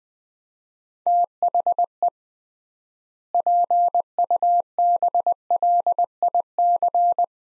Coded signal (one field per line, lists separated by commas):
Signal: Morse code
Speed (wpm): 20 wpm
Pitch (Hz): 700 Hz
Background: none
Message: THE PUBLIC